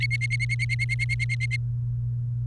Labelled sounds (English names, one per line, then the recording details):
Domestic Canary song
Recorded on 30 April 2018 at 09:23
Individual llb3